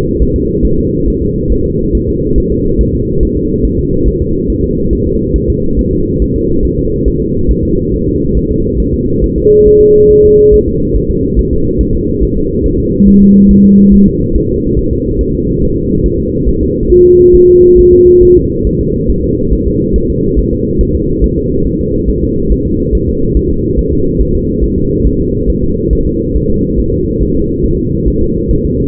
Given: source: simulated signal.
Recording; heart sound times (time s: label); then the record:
fetal heart sounds
0.22 s: S1
0.36 s: S2
0.65 s: S1
0.79 s: S2
1.08 s: S1
1.22 s: S2
1.52 s: S1
1.66 s: S2
1.95 s: S1
2.09 s: S2
2.38 s: S1
2.52 s: S2
2.81 s: S1
2.95 s: S2
3.23 s: S1
3.37 s: S2
3.65 s: S1
3.79 s: S2
4.08 s: S1
4.22 s: S2
4.50 s: S1
4.64 s: S2
4.93 s: S1
5.07 s: S2
5.36 s: S1
5.50 s: S2
5.79 s: S1
5.93 s: S2
6.22 s: S1
6.36 s: S2
6.65 s: S1
6.79 s: S2
7.08 s: S1
7.22 s: S2
7.51 s: S1
7.65 s: S2
7.94 s: S1
8.08 s: S2
8.37 s: S1
8.51 s: S2
8.80 s: S1
8.94 s: S2
9.24 s: S1
9.38 s: S2
9.67 s: S1
9.81 s: S2
10.11 s: S1
10.25 s: S2
10.54 s: S1
10.68 s: S2
10.96 s: S1
11.10 s: S2
11.39 s: S1
11.53 s: S2
11.81 s: S1
11.95 s: S2
12.23 s: S1
12.37 s: S2
12.66 s: S1
12.80 s: S2
13.08 s: S1
13.22 s: S2
13.51 s: S1
13.65 s: S2
13.94 s: S1
14.08 s: S2
14.36 s: S1
14.50 s: S2
14.79 s: S1
14.93 s: S2
15.21 s: S1
15.35 s: S2
15.63 s: S1
15.77 s: S2
16.06 s: S1
16.20 s: S2
16.49 s: S1
16.63 s: S2
16.92 s: S1
17.06 s: S2
17.35 s: S1
17.49 s: S2
17.79 s: S1
17.93 s: S2
18.23 s: S1
18.37 s: S2
18.67 s: S1
18.81 s: S2
19.10 s: S1
19.24 s: S2
19.53 s: S1
19.67 s: S2
19.96 s: S1
20.10 s: S2
20.39 s: S1
20.53 s: S2
20.81 s: S1
20.95 s: S2
21.24 s: S1
21.38 s: S2
21.67 s: S1
21.81 s: S2
22.09 s: S1
22.24 s: S2
22.52 s: S1
22.66 s: S2
22.95 s: S1
23.09 s: S2
23.37 s: S1
23.51 s: S2
23.79 s: S1
23.93 s: S2
24.21 s: S1
24.35 s: S2
24.64 s: S1
24.78 s: S2
25.06 s: S1
25.21 s: S2
25.50 s: S1
25.64 s: S2
25.93 s: S1
26.07 s: S2
26.36 s: S1
26.50 s: S2
26.80 s: S1
26.94 s: S2
27.23 s: S1
27.37 s: S2
27.65 s: S1
27.80 s: S2
28.08 s: S1
28.22 s: S2
28.51 s: S1
28.65 s: S2
From the record:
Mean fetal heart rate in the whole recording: 140 bpm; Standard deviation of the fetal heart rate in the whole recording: 2 bpm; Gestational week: 34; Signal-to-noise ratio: -15.3 dB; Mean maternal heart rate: 72 bpm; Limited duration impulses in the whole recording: present